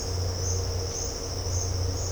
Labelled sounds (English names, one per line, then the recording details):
none
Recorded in dense forest near Puerto Asís, Putumayo, Colombia, on 9 March 2025 at 10:00
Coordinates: 0.468, -76.322
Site GP01